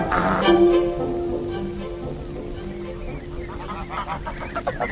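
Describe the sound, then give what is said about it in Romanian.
A flock of wild geese by the fields of Gotland honks in overlapping, nasal calls, with a loud burst at the start and quicker, choppy honks building again near the end, over a steady low hum. “lângă țarinele din Gotland, aproape de aici, este un cârt de gâște sălbatice.”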